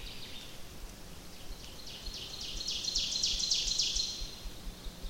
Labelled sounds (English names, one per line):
Ovenbird song